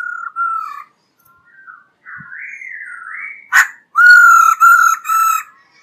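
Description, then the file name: Laughingthrush song with varied whistles: a short level note, a rising wavering phrase, a sharp click, then three loud rich whistled notes in quick succession. Female bird, singing. "Tieng khuou mai hot"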